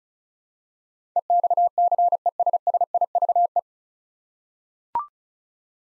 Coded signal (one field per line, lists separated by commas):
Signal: Morse code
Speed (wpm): 36 wpm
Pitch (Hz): 700 Hz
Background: none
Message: EXCESSIVE